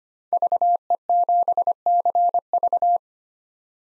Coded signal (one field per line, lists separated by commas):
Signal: Morse code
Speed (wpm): 25 wpm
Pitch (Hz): 700 Hz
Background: none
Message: VE7CV